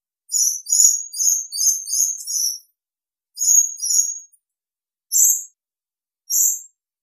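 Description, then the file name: Lorikeet shrill shrieks, very high and buzzy, in a rapid chattering run, then a pair, then two single shrieks spaced about a second apart. "Лори -Лорикет -Попугай -Голоса-птиц"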